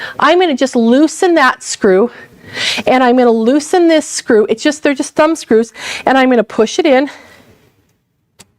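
Someone talks while loosening two thumb screws on the hoop-holder arm bracket of a multi-needle embroidery machine's arm, previously set for the 5x7 hoop, then pushes the arm inward to a new hoop-size setting. After the talking stops, a single small, sharp click at 8.4 s marks the bracket detenting into the hoop-size position, seated, before the screws are tightened back up.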